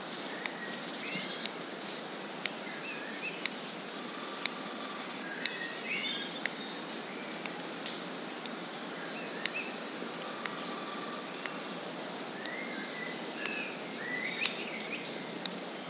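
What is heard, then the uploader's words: Ancient woodland ambience with a steady outdoor hiss, scattered bright birdsong phrases throughout, and sharp isolated clicks like snapping twigs every second or two. Accompanied by the sound of a ticking clock, created by breaking the twigs of trees killed by climate change. A soundscape of ancient woodlands, recorded throughout the year. Accompanied by the sound of a ticking clock, created by breaking the twigs of trees.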